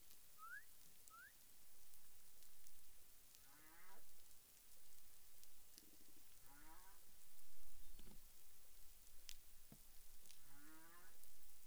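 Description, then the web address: Humpback whale song units: harmonic moaning sweeps sliding down, roughly every three seconds, mixed with short high upswept whoops and faint clicks against steady underwater hiss. Recorded 30 January 2021 at 12:48 UTC. "CARIMAM clean data humpback whale"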